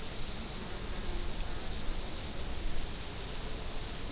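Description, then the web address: Insects in a constant high, hissing chorus, steady and unbroken over the whole stretch. Insects recorded in nature at Várbóc. "rovarok. 2014 varbocotelhagyva"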